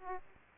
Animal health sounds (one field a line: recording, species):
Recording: mosquito wingbeat signal from an infrared sensor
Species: Aedes aegypti